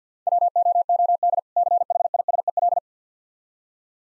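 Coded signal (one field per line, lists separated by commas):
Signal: Morse code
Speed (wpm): 51 wpm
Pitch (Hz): 700 Hz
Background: none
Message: WOOD CHISEL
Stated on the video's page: Morse speed practice at 50 wpm of difficult words with contextual hints.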